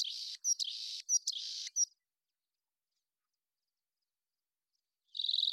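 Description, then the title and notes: Rock Wren song of harsh buzzy phrases broken by sharp clicks, a long silence, then a new buzzy phrase beginning at the end. Long song sequence, natural pace and rhythm kept, isolated from a Double mid-side recording; Pacific Northwest, Washington, United States. "BIRDSong Wrens - Rock Wren. Rock Wren, Salpinctes obsoletus, long song sequence, isolated from Double mid-side original, natural pace and rhythm maintained Recorded in the beautiful Pacific Northwest, Washington, United States"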